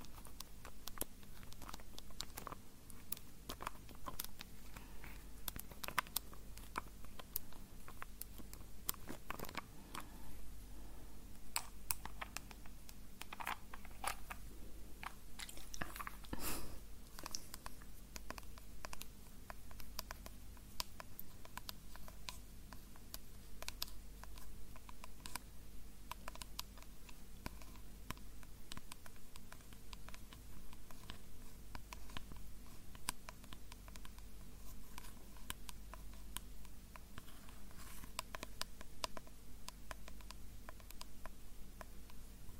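Nail tapping runs steadily through the whole recording as a dense patter of quick, bright clicks, some louder and sharper than others, with busier stretches around ten and sixteen seconds. A low, constant hum sits beneath the taps throughout.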